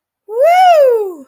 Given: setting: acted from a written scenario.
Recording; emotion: vocal sound without words; triumph